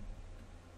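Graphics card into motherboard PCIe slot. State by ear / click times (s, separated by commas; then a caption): not seated / none. A graphics card is slid gently into a motherboard's PCIe slot, handled easily rather than forced so the motherboard isn't damaged. Only a steady, low broadband handling noise is heard, with no distinct clicks. Nothing has seated or clicked yet.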